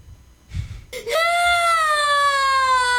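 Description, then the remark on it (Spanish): After a brief rustling burst, a young boy in a video, crying because he cannot get something right, lets out one long, loud, high-pitched wail that holds steadily for about two seconds, its pitch sagging slightly toward the end. “Ahí está llorando el niño porque pues no le sale bien, güey.”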